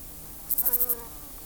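Chorthippus willemsi grasshopper song: one short burst of about six rapid, very high, hissing pulses lasting roughly half a second, with a faint lower hum beneath.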